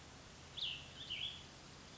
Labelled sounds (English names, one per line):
Cassin's Vireo